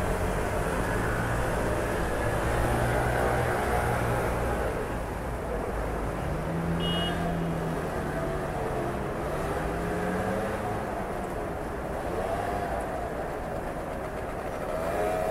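City ambience at night: a steady, dense low rumble of traffic and engine hum runs throughout without pause. Tones slowly rise and fall as vehicles pass, with a brief high chirp around seven seconds over the constant wash of noise.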